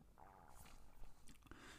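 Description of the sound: A quiet, low gurgling rumble with a brief warbling squeal and a few soft pops lasts under two seconds, with no speech. These are ordinary stomach sounds of an adult's digestion, the stomach settling just after eating, picked up by a nearby microphone.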